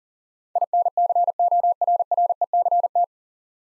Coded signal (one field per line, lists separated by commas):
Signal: Morse code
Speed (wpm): 40 wpm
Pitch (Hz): 700 Hz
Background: none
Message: INCORRECT